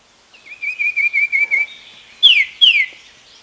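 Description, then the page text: Common iora producing a run of short, even whistled notes followed by two loud, sharply falling whistles. "Common Iora Calls. Quick Sounds"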